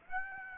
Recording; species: mosquito wingbeat signal from an infrared sensor; Aedes aegypti